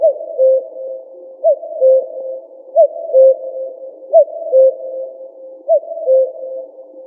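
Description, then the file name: Common cuckoo repeating a pure, hollow two-note cu-coo with a falling second note, five times at an even pace of roughly one per one and a half seconds. "Kukushka"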